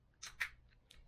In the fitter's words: uh and then this just goes back in and you'll hear a snap